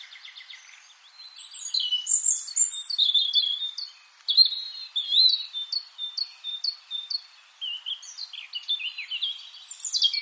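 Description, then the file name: European robin singing a long, varied stream of high whistles, rapid repeated chips and trills, with only brief breaks. "Erithacus rubecula"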